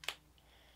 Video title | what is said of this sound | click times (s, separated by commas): VENUS Holiday/Winter Haul & Try On Over 50! | has a satisfying click to it and everything is secure | 0.1 s